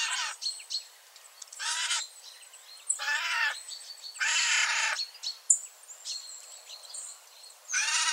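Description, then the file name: Eurasian jay giving several harsh, rasping screeches, each under a second long, with quieter gaps between them. "Garrulus glandarius"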